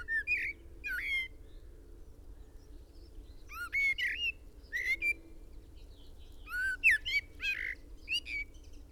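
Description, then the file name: Common blackbird song, repeated fluty phrases that slide and break into high twitters, several bursts throughout against a low steady hum. "Turdus merula"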